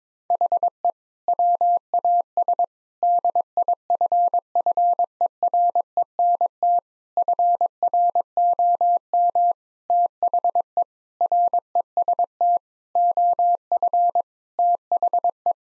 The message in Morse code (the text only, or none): HE WAS DIFFERENT FROM THE REST OF THE